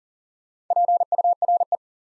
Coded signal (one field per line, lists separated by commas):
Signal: Morse code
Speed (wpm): 39 wpm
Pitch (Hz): 700 Hz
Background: none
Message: PURE